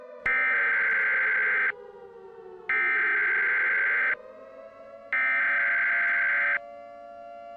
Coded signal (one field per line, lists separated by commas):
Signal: Emergency Alert System (SAME) tones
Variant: header bursts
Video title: EAS New Year's Special - New Year Disaster